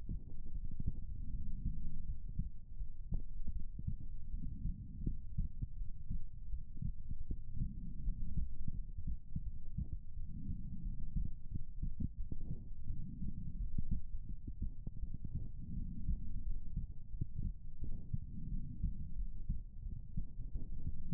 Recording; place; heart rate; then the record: heart sounds by stethoscope; pulmonary valve (PV); 81 bpm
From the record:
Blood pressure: 100/68 mmHg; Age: 29 years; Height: 159 cm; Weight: 50 kg